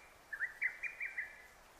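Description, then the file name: Lesser cuckoo singing a single quick phrase of five sharp, clipped notes, fast and even, over faint background hiss. Recorded 6 June 2009. "hototogisu 20090606"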